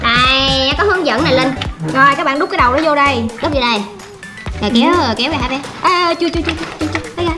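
A plastic pimple-popping toy game's mechanism is being handled, with its head pushed in and its two sides about to be pulled outward until they lock. Someone talks over music throughout the clip. Nothing has clicked or seated yet.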